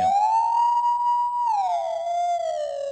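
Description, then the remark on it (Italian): A Friday theremin alarm jingle: one sustained, reedy electronic tone that glides slowly upward, holds, then swoops down and levels off, loud and unbroken for about three seconds, with no voices. “Vabbè, questo sarebbe l'annuncio, questo è l'allarme il theremin del venerdì.”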